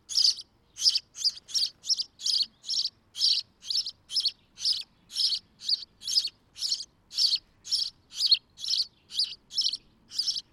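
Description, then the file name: House sparrow chirping: a steady series of bright, short chirps on a quiet background. "Passer domesticus"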